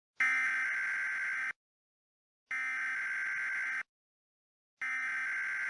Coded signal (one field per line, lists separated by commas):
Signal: Emergency Alert System (SAME) tones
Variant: header bursts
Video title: EAS Scenario: "The NFL's Awakening" (2021 Original)